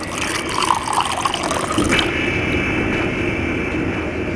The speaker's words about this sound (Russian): Он постоял, подумал, а потом кинул пистолет на стол и наливает полный стакан шнапса.